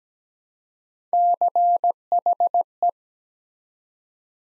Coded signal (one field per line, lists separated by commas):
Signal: Morse code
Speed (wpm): 17 wpm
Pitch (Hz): 700 Hz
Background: none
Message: CHE